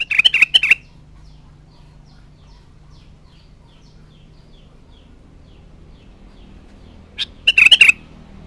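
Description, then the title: Sooty-headed bulbul giving a short bubbly phrase at the start, a long silence, then a sharp note and another quick warbled phrase. "Kutilang"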